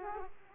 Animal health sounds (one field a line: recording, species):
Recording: mosquito wingbeat signal from an infrared sensor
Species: Aedes aegypti